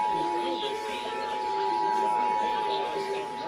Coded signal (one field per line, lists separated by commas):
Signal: Emergency Alert System (SAME) tones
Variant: 853 and 960 Hz attention tone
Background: speech